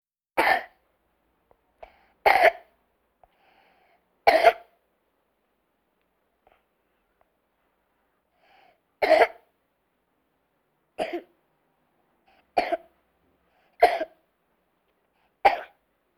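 Eight short, sharp coughs come at uneven gaps over about 16 seconds, each a brief explosive burst with quiet between. It is a child's dry-sounding repeated cough.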